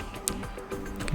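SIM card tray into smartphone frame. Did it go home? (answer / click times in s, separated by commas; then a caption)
yes / 0.3 s. A SIM/SD card tray is slid back into the side slot of a Nokia 3.1 phone and pushed until it clicks home. A sharp click is heard at 0.3 s over soft background music, with a fainter tick near 1.1 s. The tray is seated.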